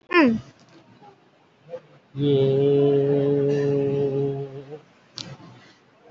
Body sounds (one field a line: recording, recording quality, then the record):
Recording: sustained vowel as in made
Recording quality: moderate, slight background noise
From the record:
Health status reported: COVID-19 positive, moderate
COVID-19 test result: positive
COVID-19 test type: RT-PCR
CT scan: taken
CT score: 5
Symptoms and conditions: cough, cold, breathing difficulty, sore throat, fever, fatigue, diarrhoea, another respiratory illness, hypertension, diabetes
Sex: male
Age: 72 years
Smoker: no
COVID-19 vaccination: both doses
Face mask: worn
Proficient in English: yes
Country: India